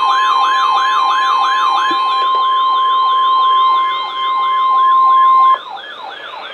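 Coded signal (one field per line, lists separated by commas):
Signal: Emergency Alert System (SAME) tones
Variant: 1050 Hz attention tone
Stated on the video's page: Real NOAA Weather Radio Severe Thunderstorm Warning during a line of severe storms in New England.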